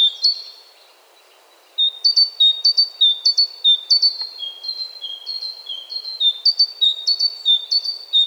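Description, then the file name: Great tit song: a brief phrase, a short pause, then rhythmic two-note phrases repeated quickly to the end. "Parus major"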